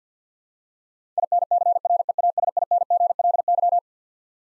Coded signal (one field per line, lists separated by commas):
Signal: Morse code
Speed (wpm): 50 wpm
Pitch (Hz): 700 Hz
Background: none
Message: INCREASINGLY